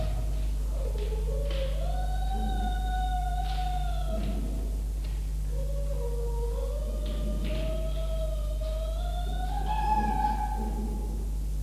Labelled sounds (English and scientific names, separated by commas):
Red Fox (Vulpes vulpes)